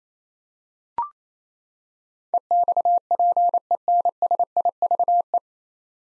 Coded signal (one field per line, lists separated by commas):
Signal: Morse code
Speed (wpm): 28 wpm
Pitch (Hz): 700 Hz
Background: none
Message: EXPENSIVE